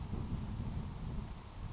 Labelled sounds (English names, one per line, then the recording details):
Grasshopper Sparrow
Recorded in Sonoma County, California